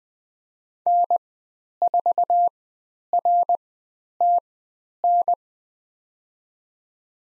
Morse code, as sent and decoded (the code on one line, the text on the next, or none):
-. ....- .-. - -.
N4RTN